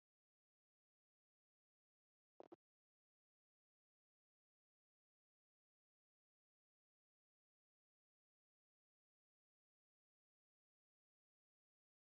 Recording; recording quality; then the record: shallow breathing; excellent, no background noise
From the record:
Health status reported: healthy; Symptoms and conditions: none ticked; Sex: male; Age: 25 years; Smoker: not ticked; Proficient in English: yes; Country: India